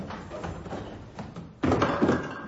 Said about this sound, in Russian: и сразу кубарем скатился по невидимым ступенькам. Не знаю, сколько их было, мне показалось, что много.